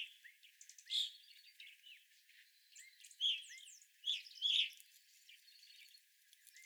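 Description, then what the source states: Evening grosbeaks giving bright chirps, a few loud notes standing out over soft continuous chatter. Several evening grosbeaks, recorded on 25 April 2021.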